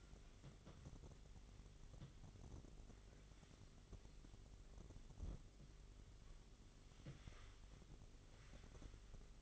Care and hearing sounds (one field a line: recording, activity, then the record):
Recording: daily activity, microphone in the room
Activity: wipe stove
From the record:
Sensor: 4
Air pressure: 1004.0 hPa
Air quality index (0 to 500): 156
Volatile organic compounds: 2 ppm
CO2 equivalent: 1112 ppm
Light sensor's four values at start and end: 13/30/13/13 and 13/30/12/13